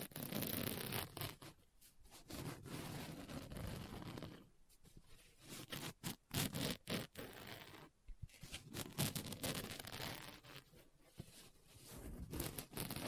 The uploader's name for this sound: Book Tapping, Scratching, Page Turning